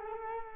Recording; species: mosquito wingbeat signal from an infrared sensor; Culex quinquefasciatus